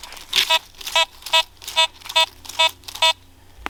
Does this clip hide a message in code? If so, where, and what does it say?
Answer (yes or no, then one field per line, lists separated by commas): no